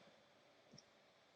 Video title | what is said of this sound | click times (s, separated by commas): Assignment #6 2 -- Double Dots and Lines | and you'll hear the clicking sound and you'll know that you've made a bond out of them | 0.8 s